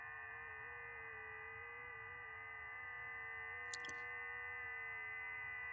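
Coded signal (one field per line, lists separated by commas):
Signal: FT8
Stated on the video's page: Live FT8 operation.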